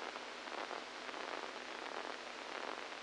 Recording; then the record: brain microelectrode recording played as sound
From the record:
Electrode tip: inside the subthalamic nucleus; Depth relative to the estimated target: -4 mm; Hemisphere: right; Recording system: NeuroSet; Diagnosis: Parkinson's disease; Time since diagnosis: 7 years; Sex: male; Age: 69 years